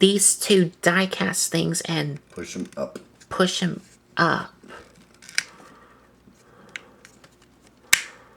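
Someone talks while pushing two die-cast foot pieces of a Transformers Generation 1 reissue Megatron toy up into the toy's leg sockets. Sharp clicks are heard at 5.4 s and 7.9 s, but only one of the two feet locks into place.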